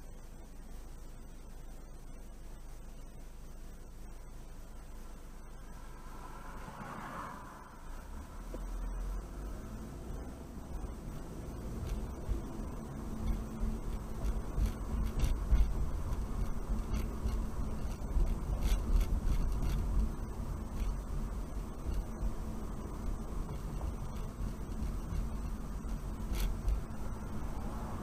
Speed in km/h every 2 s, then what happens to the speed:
0, 0, 0, 0, 5, 13, 23, 29, 29, 31, 29, 29, 31, 27.
0-7 standing. 7-15 pulls away to 29. 15-28 steady at about 29.